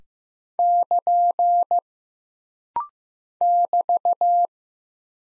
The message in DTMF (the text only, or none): none